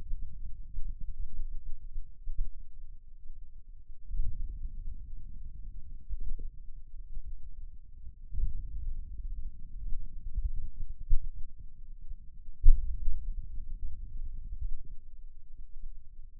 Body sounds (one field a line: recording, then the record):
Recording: forearm muscle sounds (acoustic myography)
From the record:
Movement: hand opening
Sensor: system 2, bracelet of six BSWA MPA416 microphones around the upper forearm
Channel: 2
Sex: male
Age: 22 years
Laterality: right